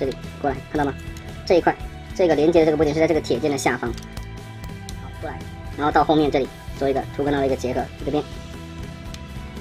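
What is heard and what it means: Someone talks over background music while pushing a plastic peg at the back of the leg into its socket on a Black Mamba (BMB) LS-09 Weapon Expert (Ironhide) robot figure. A short, sharp click is heard at 9.1 s as the peg-and-socket joint seats.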